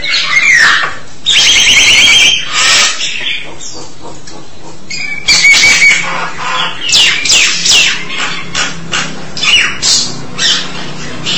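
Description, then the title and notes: Starling song: a varied jumble of whistles, buzzy rattles and harsh squeaks, coming in uneven bursts with short pauses. "suara burung jalak"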